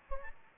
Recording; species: mosquito wingbeat signal from an infrared sensor; Aedes albopictus